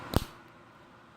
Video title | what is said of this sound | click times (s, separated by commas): Cig2o STIK Kit Pod System REVIEW!!! | And it makes a nice firm snap too. I think you heard that. | 0.2 s